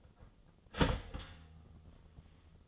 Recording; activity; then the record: daily activity, microphone in the room; start toaster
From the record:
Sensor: 4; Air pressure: 1010.1 hPa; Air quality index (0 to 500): 177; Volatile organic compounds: 5 ppm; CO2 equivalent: 1788 ppm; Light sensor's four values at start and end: 23/69/27/27 and 23/69/27/27